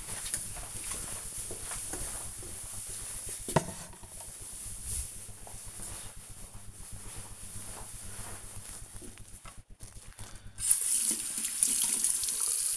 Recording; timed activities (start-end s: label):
household activities, microphone on the right wrist
8.93-12.77 s: washing hands